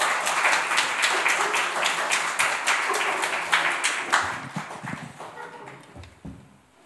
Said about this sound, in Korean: 우리 귀한 목사님 나오실 때 여러분 사랑과 우리 존경의 박수를 함께 좀 드렸으면 좋겠습니다.